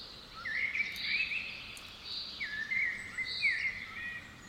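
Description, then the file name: Common blackbird giving two smooth fluted phrases, each with a flat whistled note and a squeaky flourish. "Turdus merula"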